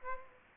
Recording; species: mosquito wingbeat signal from an infrared sensor; Aedes aegypti